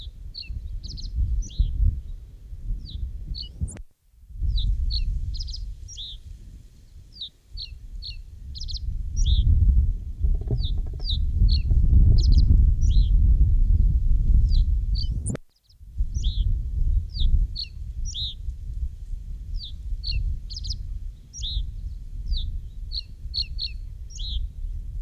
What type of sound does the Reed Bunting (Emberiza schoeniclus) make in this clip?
song